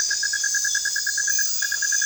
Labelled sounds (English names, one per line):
none